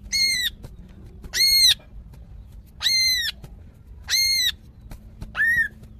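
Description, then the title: Greater green leafbird uttering harsh, nasal notes, five in all, roughly one every second and a quarter, the last one shorter. Female calling a male; described as very vocal. "CUCAK IJO BETINA GACOR HIPER MEMANGGIL JANTAN"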